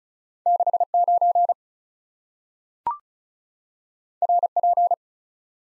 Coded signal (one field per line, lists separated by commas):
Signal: Morse code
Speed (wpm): 36 wpm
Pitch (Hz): 700 Hz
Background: none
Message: 69 RP